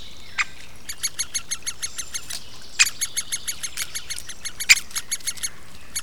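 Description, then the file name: Great spotted woodpecker begging chatter of rapid, rhythmic harsh notes, broken by three sharp, loud single clicks. Adult great spotted woodpecker feeding its nestlings. "nagy fakopáncs fiókáit eteti"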